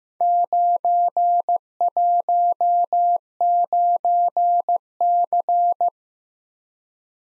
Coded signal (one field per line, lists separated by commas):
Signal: Morse code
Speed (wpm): 15 wpm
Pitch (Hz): 700 Hz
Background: none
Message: 919C